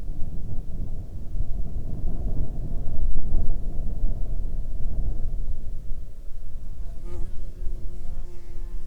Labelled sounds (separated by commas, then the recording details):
wind, insects
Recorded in Ivvavik National Park, Yukon, on 19 May 2019 at 19:12
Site SINP09